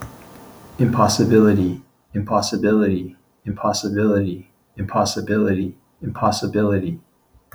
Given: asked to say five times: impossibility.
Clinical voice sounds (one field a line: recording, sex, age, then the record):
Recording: repeated word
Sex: male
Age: 40 to 49 years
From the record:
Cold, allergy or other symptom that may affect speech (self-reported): no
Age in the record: 43 years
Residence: Hawaii, United States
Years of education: 18